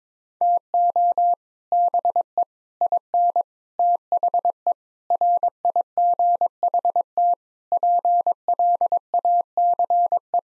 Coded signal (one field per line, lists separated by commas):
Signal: Morse code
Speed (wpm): 22 wpm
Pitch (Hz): 700 Hz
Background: none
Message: TO BE IN THE RIGHT PLACE